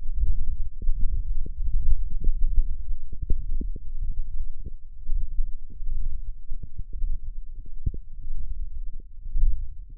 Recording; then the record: forearm muscle sounds (acoustic myography)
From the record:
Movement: wrist flexion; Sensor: system 1, eight BSWA MPA416 microphones around the upper forearm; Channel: 8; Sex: male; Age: 21 years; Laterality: right